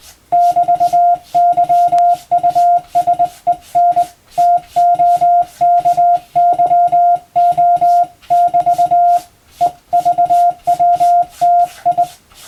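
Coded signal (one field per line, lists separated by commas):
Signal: Morse code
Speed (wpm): 20 wpm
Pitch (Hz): 700 Hz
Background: none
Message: <BT>YUSEN TOKYO<BT> EVWTI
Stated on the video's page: Hand-keyed Morse code practice for the Japanese radio operator exam's telegraphy test, sending English-language telegram-format practice text.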